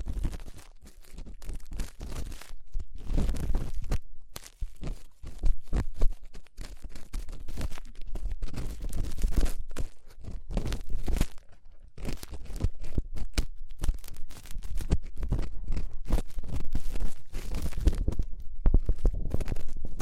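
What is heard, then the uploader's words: Crackly ear cleaning with dense scratching and rubbing strokes in rapid bursts, brief pauses between them, over a soft low rumble. ASMR Twin Ear Cleaning to Put You in a Coma (No Talking).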